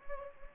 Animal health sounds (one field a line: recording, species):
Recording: mosquito wingbeat signal from an infrared sensor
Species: Anopheles gambiae